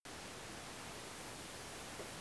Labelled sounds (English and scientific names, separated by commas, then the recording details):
none
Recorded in France